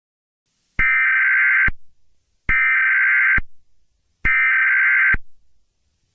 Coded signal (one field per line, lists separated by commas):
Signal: Emergency Alert System (SAME) tones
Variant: header bursts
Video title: EAS Scenario 1 | Garten of BanBan Chapter 1: The Wrecking Monsters